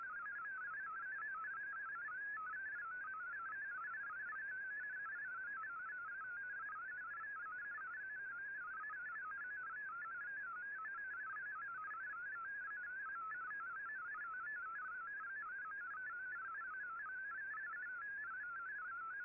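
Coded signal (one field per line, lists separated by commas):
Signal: multi-tone FSK (Olivia or MFSK type)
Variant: MFSK32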